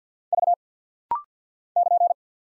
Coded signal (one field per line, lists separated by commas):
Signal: Morse code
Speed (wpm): 48 wpm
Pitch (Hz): 700 Hz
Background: none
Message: V <KN>